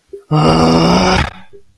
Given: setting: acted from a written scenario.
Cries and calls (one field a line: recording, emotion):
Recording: vocal sound without words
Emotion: anger